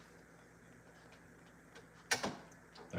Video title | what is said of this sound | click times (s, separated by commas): Jay P’s RC is live! More winter maintenance on some RCs | see you feel it when I turned it turned that and pushed it back down you heard it pop that was that cross spin going into that other section | 2.2 s